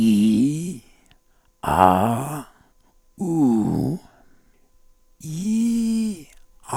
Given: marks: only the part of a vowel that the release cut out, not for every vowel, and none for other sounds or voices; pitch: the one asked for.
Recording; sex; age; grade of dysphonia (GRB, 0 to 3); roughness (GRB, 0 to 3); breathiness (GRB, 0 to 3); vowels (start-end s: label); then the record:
sustained vowels; male; 50 to 59 years; 3; 3; 1
0.00-0.52 s: vowel /i/, normal pitch
3.27-3.79 s: vowel /u/, normal pitch
5.47-6.06 s: vowel /i/, high pitch
From the record:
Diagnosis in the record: cordectomy, ventricular fold phonation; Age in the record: 55 years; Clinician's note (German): Zustand nach Chordektomie, beginnende Taschenfaltenstimme